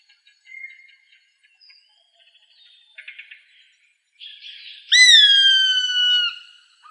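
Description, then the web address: Gray hawk's loud, descending whistled call arrives near the end, preceded by faint, scattered chips and twitters. Arizona, United States, recorded 7 August 2006. "Birds of Prey AZFO GRHA deviche 070806"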